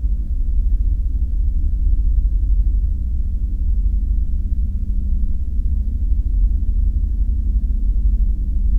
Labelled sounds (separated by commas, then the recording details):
flare stack
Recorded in the Prudhoe Bay oil fields, Alaska, on 5 September 2019 at 00:58
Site 14